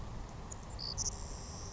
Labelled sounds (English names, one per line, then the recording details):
Savannah Sparrow
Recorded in Sonoma County, California